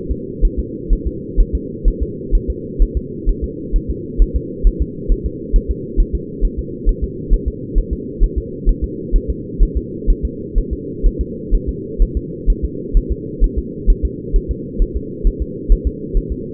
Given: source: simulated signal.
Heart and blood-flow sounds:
fetal heart sounds
0.11 s: S2
0.45 s: S1
0.59 s: S2
0.93 s: S1
1.07 s: S2
1.40 s: S1
1.55 s: S2
1.88 s: S1
2.02 s: S2
2.35 s: S1
2.50 s: S2
2.82 s: S1
2.97 s: S2
3.29 s: S1
3.44 s: S2
3.76 s: S1
3.90 s: S2
4.22 s: S1
4.36 s: S2
4.67 s: S1
4.82 s: S2
5.12 s: S1
5.26 s: S2
5.56 s: S1
5.71 s: S2
6.00 s: S1
6.15 s: S2
6.45 s: S1
6.59 s: S2
6.89 s: S1
7.04 s: S2
7.34 s: S1
7.48 s: S2
7.78 s: S1
7.93 s: S2
8.23 s: S1
8.38 s: S2
8.69 s: S1
8.84 s: S2
9.16 s: S1
9.30 s: S2
9.63 s: S1
9.77 s: S2
10.10 s: S1
10.25 s: S2
10.58 s: S1
10.73 s: S2
11.06 s: S1
11.21 s: S2
11.54 s: S1
11.69 s: S2
12.02 s: S1
12.17 s: S2
12.50 s: S1
12.64 s: S2
12.97 s: S1
13.12 s: S2
13.44 s: S1
13.58 s: S2
13.90 s: S1
14.05 s: S2
14.36 s: S1
14.51 s: S2
14.82 s: S1
14.96 s: S2
15.27 s: S1
15.42 s: S2
15.72 s: S1
15.87 s: S2
16.17 s: S1
16.32 s: S2
From the record:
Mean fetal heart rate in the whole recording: 130 bpm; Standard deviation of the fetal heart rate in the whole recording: 2 bpm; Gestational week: 38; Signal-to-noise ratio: -4.1 dB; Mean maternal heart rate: no maternal heart sound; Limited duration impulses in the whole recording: absent

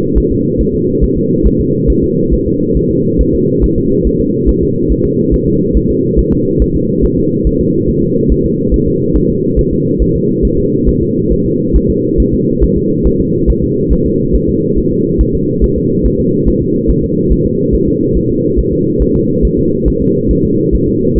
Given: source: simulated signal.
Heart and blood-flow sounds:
fetal heart sounds
0.18 s: S1
0.32 s: S2
0.61 s: S1
0.75 s: S2
1.04 s: S1
1.17 s: S2
1.47 s: S1
1.60 s: S2
1.90 s: S1
2.04 s: S2
2.34 s: S1
2.47 s: S2
2.77 s: S1
2.91 s: S2
3.21 s: S1
3.35 s: S2
3.64 s: S1
3.78 s: S2
4.07 s: S1
4.21 s: S2
4.49 s: S1
4.63 s: S2
4.92 s: S1
5.06 s: S2
5.34 s: S1
5.48 s: S2
5.77 s: S1
5.90 s: S2
6.19 s: S1
6.33 s: S2
6.62 s: S1
6.76 s: S2
7.05 s: S1
7.18 s: S2
7.47 s: S1
7.61 s: S2
7.90 s: S1
8.03 s: S2
8.32 s: S1
8.46 s: S2
8.74 s: S1
8.88 s: S2
9.16 s: S1
9.30 s: S2
9.59 s: S1
9.73 s: S2
10.02 s: S1
10.16 s: S2
10.45 s: S1
10.59 s: S2
10.89 s: S1
11.03 s: S2
11.33 s: S1
11.46 s: S2
11.76 s: S1
11.90 s: S2
12.20 s: S1
12.34 s: S2
12.64 s: S1
12.77 s: S2
13.07 s: S1
13.21 s: S2
13.50 s: S1
13.64 s: S2
13.93 s: S1
14.06 s: S2
14.35 s: S1
14.49 s: S2
14.78 s: S1
14.92 s: S2
15.21 s: S1
15.35 s: S2
15.64 s: S1
15.78 s: S2
16.06 s: S1
16.20 s: S2
16.49 s: S1
16.62 s: S2
16.91 s: S1
17.04 s: S2
17.32 s: S1
17.46 s: S2
17.75 s: S1
17.88 s: S2
18.17 s: S1
18.31 s: S2
18.59 s: S1
18.73 s: S2
19.02 s: S1
19.16 s: S2
19.45 s: S1
19.59 s: S2
19.88 s: S1
20.02 s: S2
20.31 s: S1
20.45 s: S2
20.75 s: S1
20.89 s: S2
21.18 s: S1
From the record:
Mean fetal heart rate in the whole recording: 140 bpm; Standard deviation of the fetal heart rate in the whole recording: 2 bpm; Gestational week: 34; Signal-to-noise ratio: -11.2 dB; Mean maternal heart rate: 72 bpm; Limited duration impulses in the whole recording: present

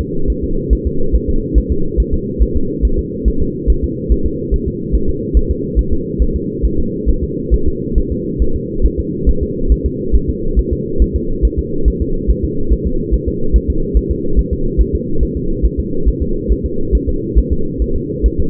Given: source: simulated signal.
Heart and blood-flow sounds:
fetal heart sounds
0.01 s: S2
0.30 s: S1
0.44 s: S2
0.73 s: S1
0.87 s: S2
1.15 s: S1
1.30 s: S2
1.58 s: S1
1.72 s: S2
2.00 s: S1
2.14 s: S2
2.43 s: S1
2.56 s: S2
2.85 s: S1
2.99 s: S2
3.28 s: S1
3.42 s: S2
3.70 s: S1
3.84 s: S2
4.12 s: S1
4.26 s: S2
4.54 s: S1
4.68 s: S2
4.95 s: S1
5.09 s: S2
5.37 s: S1
5.51 s: S2
5.79 s: S1
5.93 s: S2
6.22 s: S1
6.36 s: S2
6.65 s: S1
6.80 s: S2
7.09 s: S1
7.24 s: S2
7.54 s: S1
7.68 s: S2
7.98 s: S1
8.12 s: S2
8.42 s: S1
8.56 s: S2
8.86 s: S1
9.00 s: S2
9.29 s: S1
9.43 s: S2
9.72 s: S1
9.86 s: S2
10.15 s: S1
10.30 s: S2
10.59 s: S1
10.73 s: S2
11.02 s: S1
11.16 s: S2
11.45 s: S1
11.59 s: S2
11.88 s: S1
12.02 s: S2
12.31 s: S1
12.45 s: S2
12.73 s: S1
12.87 s: S2
13.14 s: S1
13.28 s: S2
13.56 s: S1
13.70 s: S2
13.97 s: S1
14.11 s: S2
14.39 s: S1
14.53 s: S2
14.81 s: S1
14.95 s: S2
15.23 s: S1
15.37 s: S2
15.65 s: S1
15.80 s: S2
16.08 s: S1
16.22 s: S2
16.52 s: S1
16.66 s: S2
16.95 s: S1
17.09 s: S2
17.38 s: S1
17.53 s: S2
17.82 s: S1
17.96 s: S2
18.26 s: S1
18.40 s: S2
From the record:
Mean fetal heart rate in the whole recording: 140 bpm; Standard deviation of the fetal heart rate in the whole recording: 2 bpm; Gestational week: 34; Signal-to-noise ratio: -8.1 dB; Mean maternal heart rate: 72 bpm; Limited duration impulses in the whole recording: absent

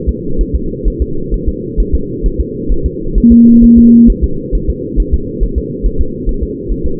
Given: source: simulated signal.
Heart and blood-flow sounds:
fetal heart sounds
0.09 s: S2
0.41 s: S1
0.55 s: S2
0.88 s: S1
1.02 s: S2
1.34 s: S1
1.49 s: S2
1.80 s: S1
1.95 s: S2
2.26 s: S1
2.40 s: S2
2.72 s: S1
2.86 s: S2
3.18 s: S1
3.32 s: S2
3.64 s: S1
3.78 s: S2
4.10 s: S1
4.24 s: S2
4.55 s: S1
4.70 s: S2
5.00 s: S1
5.14 s: S2
5.43 s: S1
5.58 s: S2
5.86 s: S1
6.01 s: S2
6.29 s: S1
6.43 s: S2
6.71 s: S1
6.86 s: S2
From the record:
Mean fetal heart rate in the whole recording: 135 bpm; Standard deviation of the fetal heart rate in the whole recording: 3 bpm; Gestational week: 36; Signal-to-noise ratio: -8.1 dB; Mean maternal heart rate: 72 bpm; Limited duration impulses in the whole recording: present

